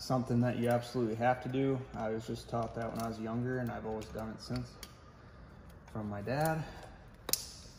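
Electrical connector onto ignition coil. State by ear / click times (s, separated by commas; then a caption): seated / 7.3 s. Someone talks while an electrical connector is pushed back onto an ignition coil during reassembly after a spark plug change on an R35 GTR. Two sharp, close clicks at 7.3 s and 7.3 s show the connector clipping on and seating.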